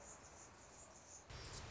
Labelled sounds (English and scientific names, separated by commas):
Anna's Hummingbird (Calypte anna)